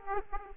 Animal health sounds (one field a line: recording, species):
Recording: mosquito wingbeat signal from an infrared sensor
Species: Aedes aegypti